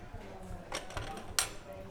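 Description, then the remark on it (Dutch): A box of stones, metal, wood, cutlery and screw thread rattles and clinks in a few sharp, bright bursts, with a crisp jangle near the end over a low rumbling background. “Zo, je hebt wel echt stenen zelfs en metaal en hout en bestek en schroefdraad.”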